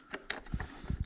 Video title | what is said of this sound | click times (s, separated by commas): BrenTuning M1000RR!!!! | literally pops right into place | 0.3 s